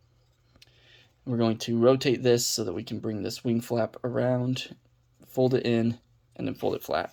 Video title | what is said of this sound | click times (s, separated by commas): Zeta Toys Skystrike(Air Raid)(Superitron Mini 2/6) | separate the legs and pull until they snap into place | 0.6 s